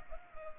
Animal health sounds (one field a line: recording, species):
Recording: mosquito wingbeat signal from an infrared sensor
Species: Culex pipiens